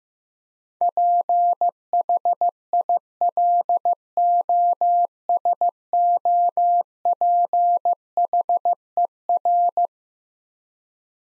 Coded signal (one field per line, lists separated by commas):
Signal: Morse code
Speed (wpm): 15 wpm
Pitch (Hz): 700 Hz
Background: none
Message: PHILOSOPHER